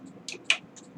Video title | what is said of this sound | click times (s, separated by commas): powermac g5 nvidia quadro 4500 install enjoy :) part 2 | There you go, hear that click then? | 0.5 s